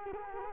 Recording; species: mosquito wingbeat signal from an infrared sensor; Culex quinquefasciatus